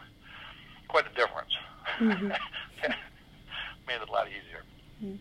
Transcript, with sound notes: So, quite a difference. (laughs) Made it a lot easier.